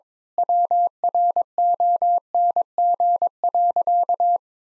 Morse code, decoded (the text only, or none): WRONG.